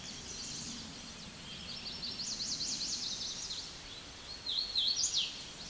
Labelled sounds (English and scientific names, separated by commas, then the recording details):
Hooded Warbler (Setophaga citrina) song
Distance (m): 20 m
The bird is about 10 m above the microphone
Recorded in a Pennsylvania forest on 16 May 2024 at 08:50
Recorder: AudioMoth, point MSD-2181
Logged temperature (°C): 12.8 °C
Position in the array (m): 146 m, 106 m